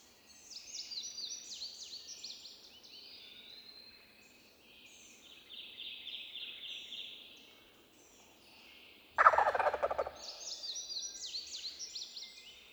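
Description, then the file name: Wild turkey gobbling: one loud, rapid rattling burst of throaty pulses lasting about a second, amid high, thin songbird chirping and trilling for most. "Wild Turkey - Meleagris gallopavo"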